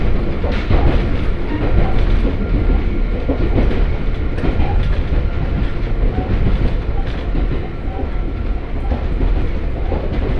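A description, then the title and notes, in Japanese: A ride aboard a Hokuriku Railway Ishikawa Line train, with a steady, dense low rumble of the moving car throughout. Faint rhythmic knocks and rattles from the wheels recur every second or so, and a thin high whine runs underneath the whole time. 鉄道旅 北陸鉄道石川線 野町→鶴来。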